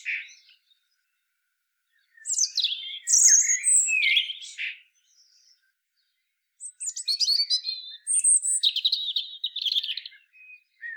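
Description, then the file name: European robin song, two long varied phrases of sweeping whistles and fast high twitters separated by a brief silence. "Erithacus rubecula"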